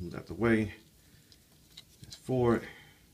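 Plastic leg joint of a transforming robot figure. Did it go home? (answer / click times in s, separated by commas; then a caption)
no / none. During transformation of an iGear Raptor Squadron Con Air IG-C01 Star Burst plastic transforming-robot figure, the leg is pulled forward to be extended while someone talks. A few faint handling taps are heard between the two bursts of talk, around 1.3, 1.8, 2.0 and 2.1 seconds. The clip ends before the leg joint clicks into its extended position, so nothing has seated or clicked yet.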